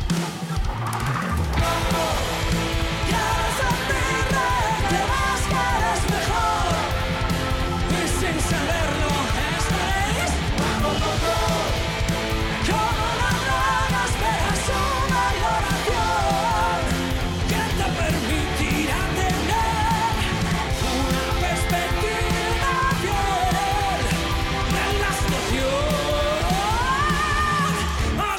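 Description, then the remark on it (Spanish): A concert crowd screams loudly and without letup for almost half a minute, a dense wall of shrill voices that swells and wavers, with one cry sliding upward in pitch near the end. “¡Vuestro mejor grito!”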